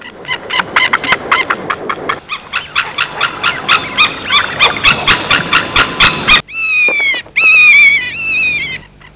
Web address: haliaeetus albicilla